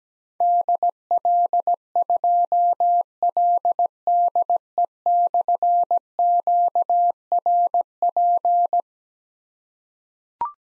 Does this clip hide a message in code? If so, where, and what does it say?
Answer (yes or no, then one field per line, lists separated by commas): yes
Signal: Morse code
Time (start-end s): 0.4-8.8 s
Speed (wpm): 17 wpm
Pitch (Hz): 700 Hz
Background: none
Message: DL2LDE/QRP